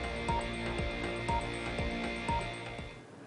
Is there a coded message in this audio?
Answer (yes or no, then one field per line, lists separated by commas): no